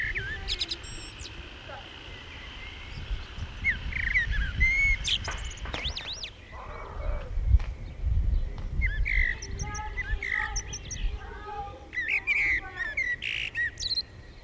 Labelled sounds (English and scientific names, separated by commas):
Common Blackbird (Turdus merula) song